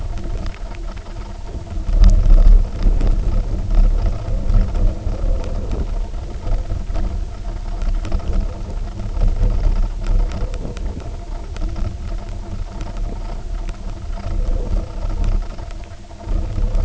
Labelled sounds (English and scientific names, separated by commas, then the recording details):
none
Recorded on Arctic tundra, site UTQI-0, on 19 June 2018
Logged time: 02:00